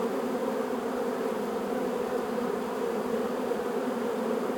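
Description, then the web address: Many honey bees hum together in a constant, even buzz, a thick unbroken drone. Beehive exterior in front of the landing zone, recorded from 1 meter in stereo with an ORTF microphone setup. "Sound Holder - Beehive bees"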